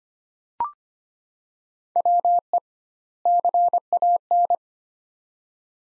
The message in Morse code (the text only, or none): WE CAN